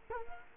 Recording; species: mosquito wingbeat signal from an infrared sensor; Culex quinquefasciatus